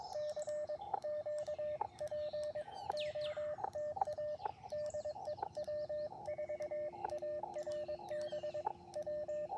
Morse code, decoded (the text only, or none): CQ POTA DE W4ARB W